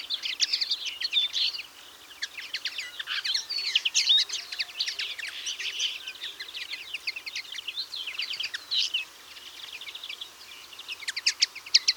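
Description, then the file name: European greenfinch chattering, a long busy stream of quick chirps, twitters and short trills, dipping briefly then resuming, with light background hiss. "Chloris chloris"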